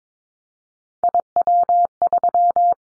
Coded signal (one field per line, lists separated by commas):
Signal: Morse code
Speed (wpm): 22 wpm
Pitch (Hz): 700 Hz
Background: none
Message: IW3